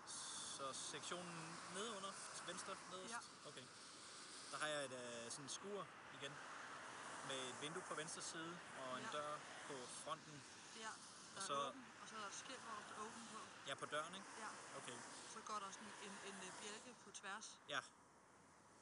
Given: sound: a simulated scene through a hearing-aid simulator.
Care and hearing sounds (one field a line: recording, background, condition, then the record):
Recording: conversation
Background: traffic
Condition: +4 dB SNR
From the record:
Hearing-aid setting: IV (slow-acting compression, loudness normalization)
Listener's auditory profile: D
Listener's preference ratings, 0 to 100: 81, 79, 78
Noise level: 75 dB SPL